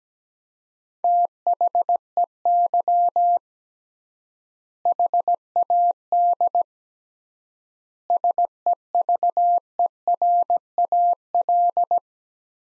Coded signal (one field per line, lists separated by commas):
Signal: Morse code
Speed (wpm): 17 wpm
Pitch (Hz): 700 Hz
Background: none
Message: THEY HAD SEVERAL